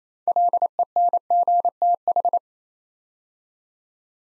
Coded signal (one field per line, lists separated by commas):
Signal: Morse code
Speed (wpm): 29 wpm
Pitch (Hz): 700 Hz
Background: none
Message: LENGTH